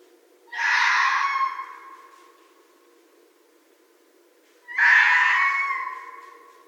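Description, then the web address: Red fox screams: two long, hoarse, wailing cries separated by a few seconds of quiet. Recorded on 2 January 2012. "Red Fox 2012 01 02"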